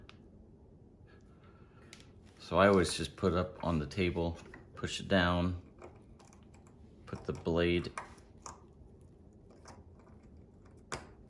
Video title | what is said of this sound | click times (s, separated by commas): Product Review: How The Dremel 8250 Works and Set Up | in and rotate it and then just snaps into place so | 10.9 s